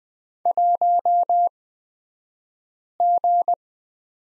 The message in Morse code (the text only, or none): 1G